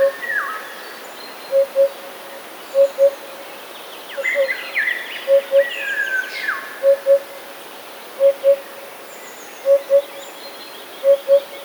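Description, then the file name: Eurasian hoopoe with a steady run of low two-note hoots, oop-oop, about every one and a half seconds, and a burst of chattering song from another bird midway. "dudek"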